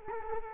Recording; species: mosquito wingbeat signal from an infrared sensor; Culex quinquefasciatus